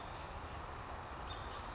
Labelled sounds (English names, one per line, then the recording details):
Western Flycatcher
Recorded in Sonoma County, California